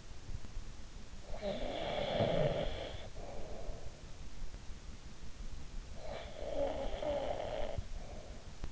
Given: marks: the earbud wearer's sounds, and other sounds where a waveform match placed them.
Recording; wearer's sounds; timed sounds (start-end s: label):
sounds in sleep by an in-ear microphone; snoring breath
0.70-4.18 s: snoring breath
5.77-8.72 s: snoring breath